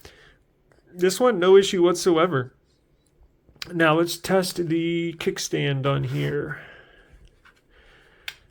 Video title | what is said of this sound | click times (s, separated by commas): CaseBorne Case Review Samsung Galaxy S23 Ultra Best Tough Case with Kickstand for Your Device | nice and easy snaps into place | 8.3 s